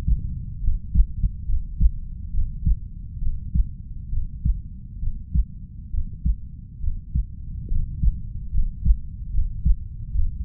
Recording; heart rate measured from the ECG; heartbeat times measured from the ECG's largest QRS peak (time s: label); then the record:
heart sounds by stethoscope; 69 bpm
0.60 s: heartbeat
1.45 s: heartbeat
2.30 s: heartbeat
3.18 s: heartbeat
4.09 s: heartbeat
4.99 s: heartbeat
5.90 s: heartbeat
6.79 s: heartbeat
7.67 s: heartbeat
8.50 s: heartbeat
9.30 s: heartbeat
10.11 s: heartbeat
From the record:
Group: healthy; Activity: rest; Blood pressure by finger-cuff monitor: 115/58 mmHg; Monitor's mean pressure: 72 mmHg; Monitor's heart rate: 68 bpm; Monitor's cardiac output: 5.8 L/min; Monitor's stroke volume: 85 mL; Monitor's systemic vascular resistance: 910 dyn s/cm5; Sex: female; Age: 32 years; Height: 168 cm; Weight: 61.9 kg